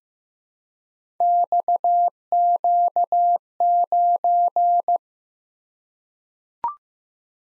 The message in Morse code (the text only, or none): XQ9